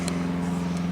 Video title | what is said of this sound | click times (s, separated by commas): Backridge Tough folding saw Review | other one a lot you actually hear that one snap right in | 0.1 s